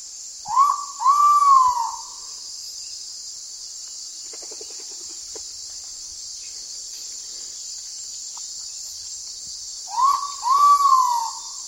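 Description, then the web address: Ivory-breasted pitta gives its double whistle twice, a brief rising note followed by a drawn-out falling one, against a loud continuous insect chorus. "ULM-DS-Lab indonesian-bird-sounds. Pitta maxima"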